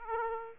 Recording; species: mosquito wingbeat signal from an infrared sensor; Aedes aegypti